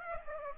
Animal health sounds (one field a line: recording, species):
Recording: mosquito wingbeat signal from an infrared sensor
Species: Aedes aegypti